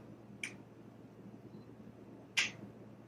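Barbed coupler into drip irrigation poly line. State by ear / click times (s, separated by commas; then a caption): seated / 0.4 s. A barbed drip-irrigation coupler is pushed into a hole punched in a plastic poly supply line and snaps into place at 0.4 s, seated in good. A second, louder sharp click follows at about 2.4 s over a quiet, steady background hum.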